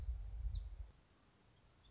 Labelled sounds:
Black-throated Gray Warbler
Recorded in Sonoma County, California

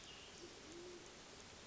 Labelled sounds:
Band-tailed Pigeon
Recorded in Sonoma County, California

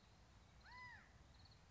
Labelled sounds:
California Quail
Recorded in Sonoma County, California

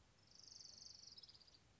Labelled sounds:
Orange-crowned Warbler
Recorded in Sonoma County, California

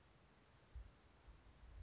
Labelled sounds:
California Towhee
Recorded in Sonoma County, California

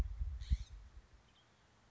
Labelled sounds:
California Scrub-Jay
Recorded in Sonoma County, California

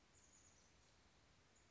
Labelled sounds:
Chestnut-backed Chickadee
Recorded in Sonoma County, California

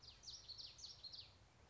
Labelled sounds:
Common Yellowthroat
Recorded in Sonoma County, California

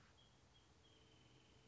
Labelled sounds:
Wrentit
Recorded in Sonoma County, California

